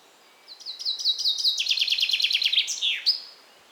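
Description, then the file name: Common chaffinch gives one full song, a rapid trill that descends in steps and closes with a ringing terminal flourish. "Fringilla coelebs"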